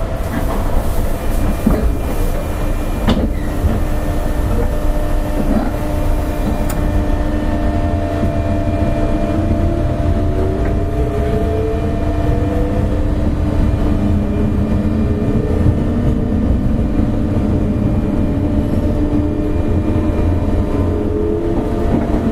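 Running sound of a JR 201 series train on the Osaka Loop Line: a steady, dense low rumble fills the whole recording. A motor whine slides upward in pitch from about ten to fourteen seconds, and sharp clacks break through near three and seven seconds.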